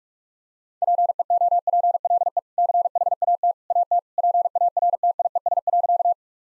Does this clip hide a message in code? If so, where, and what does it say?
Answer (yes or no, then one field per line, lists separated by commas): yes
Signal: Morse code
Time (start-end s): 0.8-6.1 s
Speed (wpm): 46 wpm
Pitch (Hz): 700 Hz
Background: none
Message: PEOPLE CHAT AT PARTIES.